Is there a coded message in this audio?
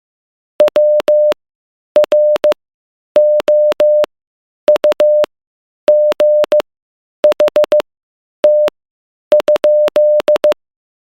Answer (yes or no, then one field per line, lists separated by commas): yes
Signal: Morse code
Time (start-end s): 0.6-10.5 s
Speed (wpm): 15 wpm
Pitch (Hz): 600 Hz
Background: none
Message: WROUGHT?